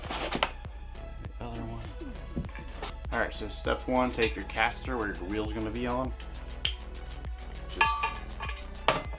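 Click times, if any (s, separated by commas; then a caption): 7.8 s, 8.9 s. A caster wheel stem is pushed by hand into its socket in the wheelbase of a SecretLab Joker Omega gaming chair while music plays underneath and someone talks. Sharp clicks at 7.8 s and 8.9 s mark the caster snapping home, leaving it fully seated.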